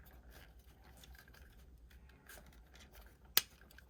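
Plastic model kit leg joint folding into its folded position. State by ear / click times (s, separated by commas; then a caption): seated / 3.4 s. A 1/100 scale plastic model kit leg is folded, and its plastic joint gives one loud, sharp snap at 3.4 seconds as it goes into the folded position. The snap stands out against quiet handling noise, and the joint ends up seated in its folded position, though the snap raises worry about stressing the part.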